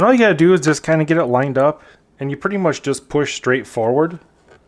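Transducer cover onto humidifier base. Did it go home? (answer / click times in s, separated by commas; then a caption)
no / none. A plastic transducer cover, just cleaned, is lined up and pushed straight forward onto the base of a 2022 latest-version Costco humidifier while someone talks throughout. Nothing has seated or snapped into place yet; the clip ends just before the cover goes home.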